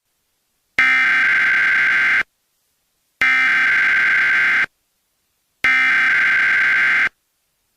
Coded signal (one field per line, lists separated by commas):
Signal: Emergency Alert System (SAME) tones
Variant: header bursts